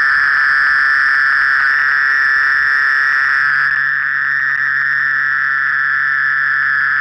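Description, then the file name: Mole cricket song, a sustained even trill with ringing overtones, the upper tones thinning slightly after about four seconds. "Gryllotalpa sp"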